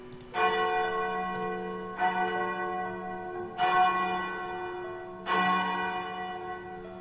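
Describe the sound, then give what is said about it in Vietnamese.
A temple bell in a hall is struck four times at a slow, steady pace as a signal that the martial contest has ended, each deep, resonant stroke ringing with rich overtones that hum on and overlap the next. No voices are heard. “Cho đến khi hết canh thì trong điện mới vang lên tiếng chuông báo hiệu.”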